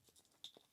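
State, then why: Not seated. A drill bit is pushed into a plastic bit holder so that it will lock into place and won't get lost. Faint scraping and handling noises lead to a sharp tick at about 0.5 s and a softer knock at 0.6 s, and the clip ends on a rising hit. Nothing has seated or clicked yet.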